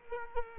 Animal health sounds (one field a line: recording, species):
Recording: mosquito wingbeat signal from an infrared sensor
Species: Culex quinquefasciatus